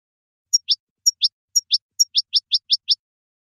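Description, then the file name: European goldfinch giving short, high twittered phrases: paired sharp notes repeated several times, then a quick run of tinkling chips. "Jilguero"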